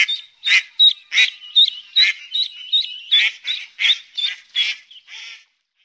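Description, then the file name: Mallard calls in a fast series of short, nasal quacks with a thin tonal edge, about two or three a second, fading at the end. "Grasand"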